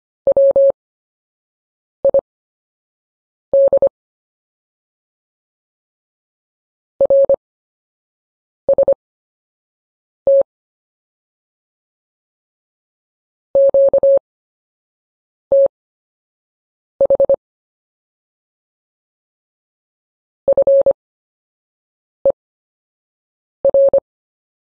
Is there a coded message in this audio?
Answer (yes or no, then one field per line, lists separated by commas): yes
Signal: Morse code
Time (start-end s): 0.3-24.0 s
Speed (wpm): 25 wpm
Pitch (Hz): 550 Hz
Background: none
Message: WID RST QTH FER